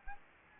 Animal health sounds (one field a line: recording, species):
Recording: mosquito wingbeat signal from an infrared sensor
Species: Anopheles gambiae